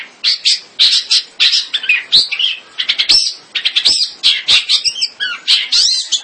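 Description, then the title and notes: Bird song in a dense, continuous stream of scratchy chirps and rapid twittering notes. "Kicau Burung Lengkap"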